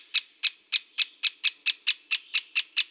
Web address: Dendrocopos major